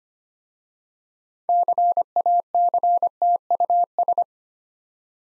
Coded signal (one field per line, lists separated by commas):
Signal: Morse code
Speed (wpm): 25 wpm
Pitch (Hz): 700 Hz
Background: none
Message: CACTUS